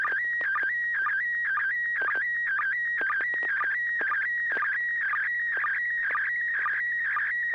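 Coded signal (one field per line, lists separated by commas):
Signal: SSTV (slow-scan television)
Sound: warbling whistle around 2 kHz, with rapid pitch dips repeating several times per second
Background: low mains hum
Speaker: Let's go to Bill in Roseville, November 6, Hotel Alpha. If you're ready for us, Bill, go right ahead.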